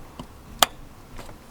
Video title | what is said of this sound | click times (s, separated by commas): first start up - MX5 turbo build ep 3 | nice satisfying click | 0.6 s